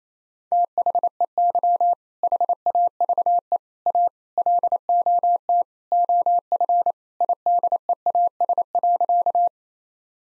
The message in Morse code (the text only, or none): THEY HAVE A LOT OF IDEAS.